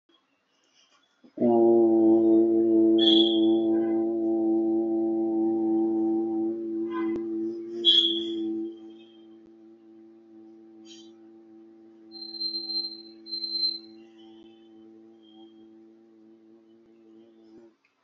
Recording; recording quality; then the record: sustained vowel as in boot; moderate, slight background noise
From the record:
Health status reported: healthy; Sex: male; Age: 60 years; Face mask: not worn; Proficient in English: yes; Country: India